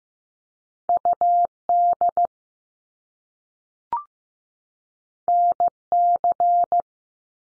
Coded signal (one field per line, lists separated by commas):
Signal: Morse code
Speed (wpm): 15 wpm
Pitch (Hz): 700 Hz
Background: none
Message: U D N C